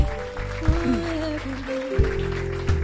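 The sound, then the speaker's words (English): A crowd applauds for Jesus after a prayer, steadily for a few seconds, a dense wash of clapping with sustained musical tones and a few low thumps underneath. “Clap your hands together. Un aplauso para Jesús.”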